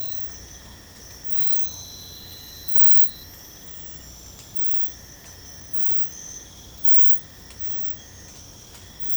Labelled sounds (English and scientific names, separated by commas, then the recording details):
none
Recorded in secondary vegetation near Puerto Asís, Putumayo, Colombia, on 22 December 2024 at 04:00
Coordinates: 0.499, -76.323
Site G010